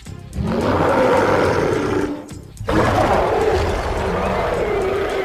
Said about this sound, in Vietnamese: Thú đực gầm rú vì quá mức đau đớn.